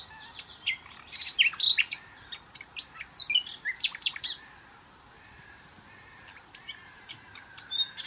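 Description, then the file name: Common nightingale song, a dense burst of sharp chips, whistles and downslurred notes, then a quiet gap and softer scattered phrases toward the end. "Luscinia megarhynchos"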